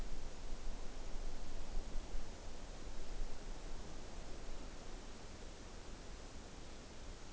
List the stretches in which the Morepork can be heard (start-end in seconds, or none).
none